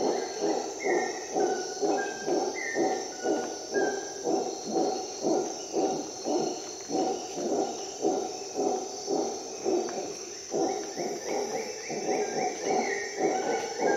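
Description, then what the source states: Howler monkey gives a long, even run of deep grunting roars about two per second, over constant insect buzzing and scattered bird whistles. Howler monkeys calling at dawn in the Costa Rica jungle, on an expedition.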